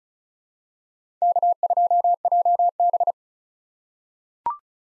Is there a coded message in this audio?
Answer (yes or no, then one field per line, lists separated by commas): yes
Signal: Morse code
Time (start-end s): 1.2-3.1 s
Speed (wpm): 36 wpm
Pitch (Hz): 700 Hz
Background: none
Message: K2JB